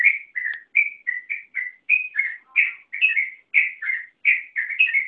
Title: Suara Trucukan